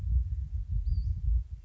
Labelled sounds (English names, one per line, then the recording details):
Western Flycatcher
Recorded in Sonoma County, California